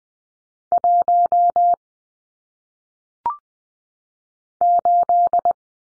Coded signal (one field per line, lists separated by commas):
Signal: Morse code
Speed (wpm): 20 wpm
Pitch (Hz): 700 Hz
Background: none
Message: 1 8